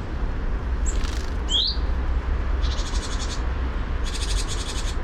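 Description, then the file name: Common chaffinch giving a single short rising call, followed by two dry buzzy bursts over a low background rumble. "Fringilla coelebs"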